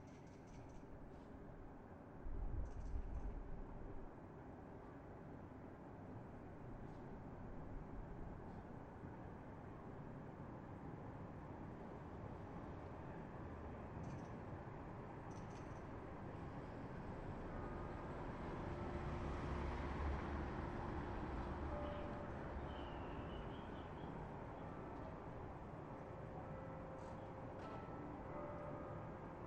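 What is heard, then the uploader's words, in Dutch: Outdoor ambience from a back balcony in Hilversum Noord: a steady low hum of traffic, a swell near 19 seconds, and faint bird chirps. Dit is mijn achterbalcon in Hilversum Noord. Het centrum van Hilversum ligt hier vandaan op 2,5 kilometer.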